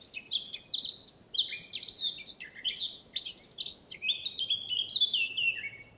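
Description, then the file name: Eurasian blackcap singing a busy, jumbled chattering warble that builds into clear whistled, fluty notes dropping at the close. "Sylvia atricapilla"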